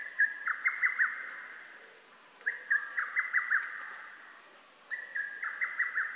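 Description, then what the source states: Lesser cuckoo song, a rapid choppy run of notes at steady pitch, delivered three times at intervals of about two and a half seconds. Recorded 12 June 2010.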